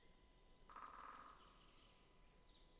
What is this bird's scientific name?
Dendrocopos major